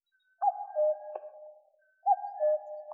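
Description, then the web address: Common cuckoo calling its classic two-note cu-coo, the second note slightly lower, given twice in a quiet setting. "Cuculus canorus"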